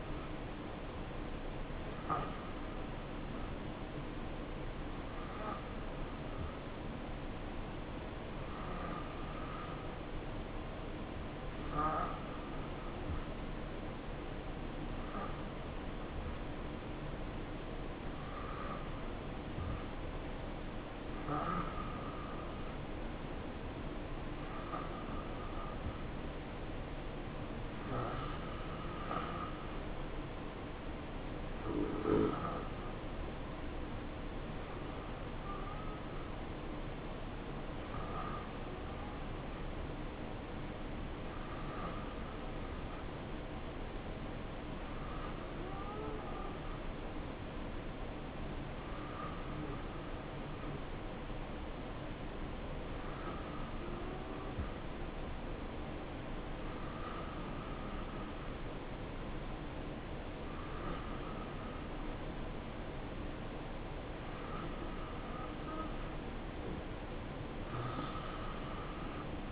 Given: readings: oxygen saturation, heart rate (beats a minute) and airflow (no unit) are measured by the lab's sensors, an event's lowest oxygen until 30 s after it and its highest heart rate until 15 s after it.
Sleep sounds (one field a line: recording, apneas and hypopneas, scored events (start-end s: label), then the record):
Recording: breathing in sleep by a voice recorder at the bedside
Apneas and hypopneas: none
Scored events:
none scored
From the record:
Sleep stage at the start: N2 (light sleep)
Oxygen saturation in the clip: 87 to 91%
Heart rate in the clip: 62 to 70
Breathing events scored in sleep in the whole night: 277 in 7.4 hours asleep